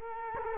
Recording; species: mosquito wingbeat signal from an infrared sensor; Culex quinquefasciatus